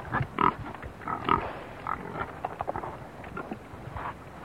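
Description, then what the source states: Pig grunting, short nasal grunts mixed with brief higher squeals, several bursts spread throughout. Several hogs, grunting and squealing.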